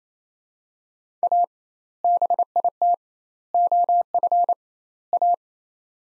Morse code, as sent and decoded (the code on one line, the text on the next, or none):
.- / -... .. - / --- ..-. / .-
A BIT OF A